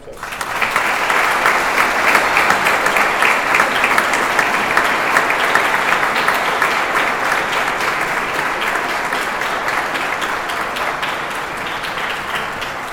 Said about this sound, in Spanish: Muchas felicidades, muchachos, que Dios los conserve siempre unidos. Vamos a regalarles un aplauso.